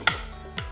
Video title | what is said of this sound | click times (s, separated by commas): What Simple Lock Works Better for this Gadget Cache (GCNW) | so let's go ahead and slide it over i heard it click | 0.1 s